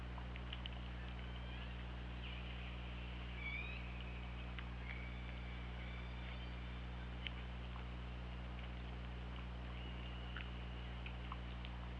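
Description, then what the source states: Killer whale calls: faint tonal squeals around 3.5 and 5 seconds with scattered clicks, over a steady low underwater hum. Recorded on the OrcaLab hydrophone, 24 August 2017, at 20:58.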